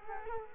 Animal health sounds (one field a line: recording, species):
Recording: mosquito wingbeat signal from an infrared sensor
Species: Culex quinquefasciatus